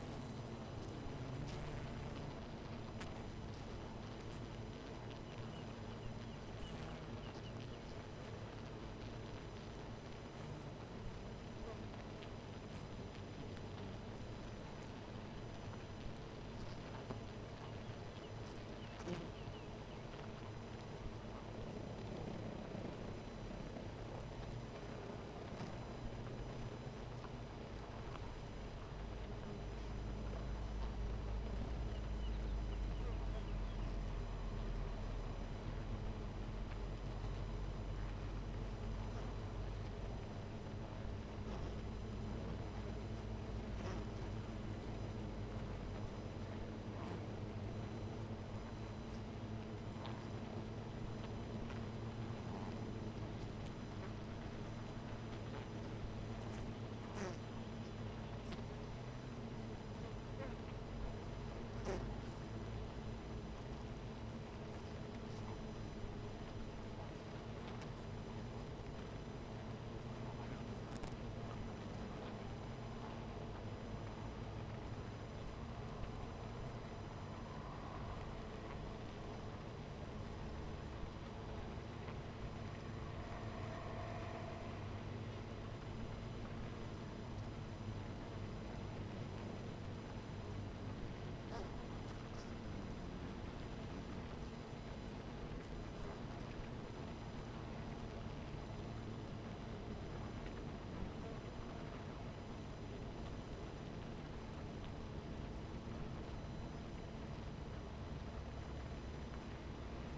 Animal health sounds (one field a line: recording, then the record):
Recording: honeybee colony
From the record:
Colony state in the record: missing queen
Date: 14 July 2017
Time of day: 12:05